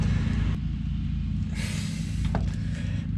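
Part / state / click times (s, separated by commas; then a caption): torque wrench on hub bearing bolt in steering knuckle / not seated / none. A torque wrench set to 107 ft-lb tightens a hub bearing bolt in the steering knuckle during a front hub bearing replacement on a 2004–2015 Nissan Titan. A steady low rumble with layered low tones runs throughout, with brief hissy bursts around 1.6–2.0 s and near 2.4 s. The bolt feels very tight and can't be turned farther, but the wrench has not clicked yet.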